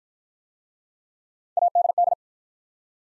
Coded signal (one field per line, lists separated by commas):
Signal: Morse code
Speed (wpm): 49 wpm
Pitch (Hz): 700 Hz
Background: none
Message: ADD